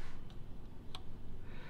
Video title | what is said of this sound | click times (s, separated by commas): How to replace an Ignition Coil, Spark Plugs and Spark Plug Wires on a Ford Mustang. Episode 26 | And you want to hear it click. | 0.9 s